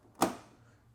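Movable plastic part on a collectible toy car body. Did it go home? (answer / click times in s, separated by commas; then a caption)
yes / 0.2 s. A movable plastic part on the body of a Hot Toys 1/6 scale collectible Batman '89 Batmobile (2.0) is raised and snaps into position. One sharp snap is heard at 0.2 s, followed by a short fading tail. The part is seated in place.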